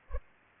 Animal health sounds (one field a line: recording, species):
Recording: mosquito wingbeat signal from an infrared sensor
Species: Culex pipiens